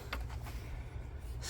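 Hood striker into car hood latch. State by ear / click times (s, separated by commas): not seated / none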